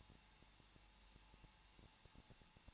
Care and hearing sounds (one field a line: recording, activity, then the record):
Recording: daily activity, microphone in the room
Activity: no activity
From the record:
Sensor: 1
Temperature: 20.0 degrees Celsius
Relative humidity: 39.4%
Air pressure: 1006.4 hPa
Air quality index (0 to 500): 219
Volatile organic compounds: 83 ppm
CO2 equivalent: 3632 ppm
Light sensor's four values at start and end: 1/2/1/1 and 1/2/1/1